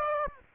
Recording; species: mosquito wingbeat signal from an infrared sensor; Aedes aegypti